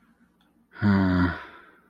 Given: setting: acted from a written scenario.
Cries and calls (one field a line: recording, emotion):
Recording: vocal sound without words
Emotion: guilt